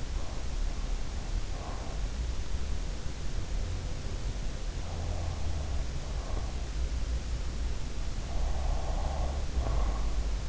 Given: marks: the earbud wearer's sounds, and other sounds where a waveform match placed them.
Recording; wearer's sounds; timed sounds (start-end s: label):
sounds in sleep by an in-ear microphone; breath
0.00-2.04 s: breath
4.18-6.96 s: breath
8.00-10.49 s: breath